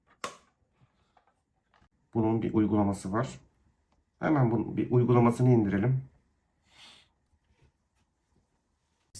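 An ink cassette is pressed into its slot in a Canon Selphy CP1500 compact photo printer, and it seats with a single sharp, loud click at 0.2 s, followed by a few faint ticks. Someone then talks from about 2.1 to 6.1 s, with a brief soft sound near 6.8 s.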